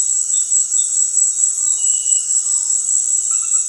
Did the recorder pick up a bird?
no